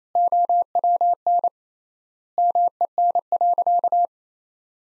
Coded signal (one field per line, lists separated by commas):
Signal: Morse code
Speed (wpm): 28 wpm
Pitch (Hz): 700 Hz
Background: none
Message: OWN MEN.